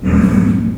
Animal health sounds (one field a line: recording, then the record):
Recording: squeal of a Yucatan mini pig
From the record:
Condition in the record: after surgery on the right vocal fold (resection and tissue-engineered implant)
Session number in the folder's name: 11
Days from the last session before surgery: 98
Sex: female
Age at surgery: 19 weeks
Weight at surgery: 25 kg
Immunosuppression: prednisolone